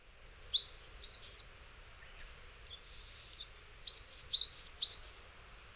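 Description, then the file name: Japanese tit calling in short high chirpy phrases, a burst of about four notes, a pause, then a longer series of six or seven similar notes. Recorded in Hyogo, Japan. "sijuukara 10 1006 hyogo kaji"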